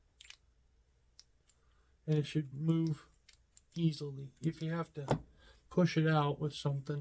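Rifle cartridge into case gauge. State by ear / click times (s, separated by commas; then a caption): seated / 0.2 s. A reloaded 5.56/.223 brass cartridge is dropped into a metal case gauge to check its dimensions. It falls in smoothly and seats with a sharp metallic click at 0.2 s, followed by a few faint taps. Someone then talks.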